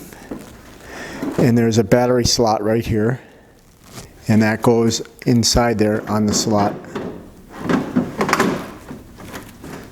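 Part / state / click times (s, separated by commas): battery pack into cordless snow blower battery compartment / not seated / none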